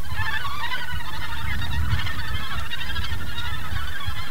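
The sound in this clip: Gannets calling together in a dense, continuous chorus of hoarse, grating notes with no clear pauses, backed by a constant low rumble.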